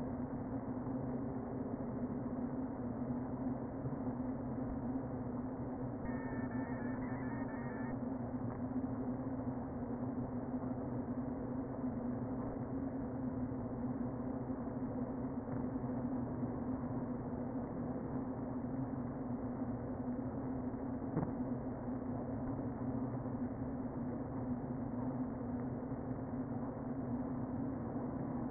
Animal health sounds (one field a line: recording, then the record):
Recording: honeybee colony, microphone inside the hive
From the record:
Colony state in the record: queen present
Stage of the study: before two queens were removed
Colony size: about 60,000 bees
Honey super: yes